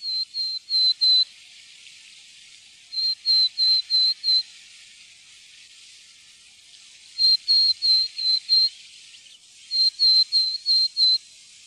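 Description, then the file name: Willow tit song: clear whistled notes, about four to six in a row, given in four separate bursts with pauses between. "granmeis"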